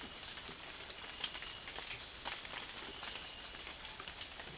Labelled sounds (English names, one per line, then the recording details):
none
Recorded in dense forest near Puerto Asís, Putumayo, Colombia, on 8 March 2025 at 06:00
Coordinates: 0.503, -76.323
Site GP09